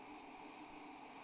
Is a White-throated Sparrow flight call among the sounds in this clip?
no